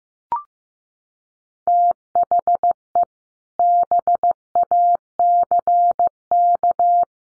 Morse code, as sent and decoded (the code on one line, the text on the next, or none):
- .... . / -... .- -.-. -.-
THE BACK